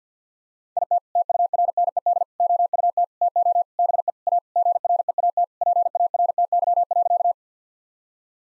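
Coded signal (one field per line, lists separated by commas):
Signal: Morse code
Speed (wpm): 50 wpm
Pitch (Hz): 700 Hz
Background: none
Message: IT TURNED OUT TO BE A GREAT PARTY.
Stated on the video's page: Morse code head-copy drill of sentences with common five-word phrases at 50 wpm, each sent, spoken, then sent again.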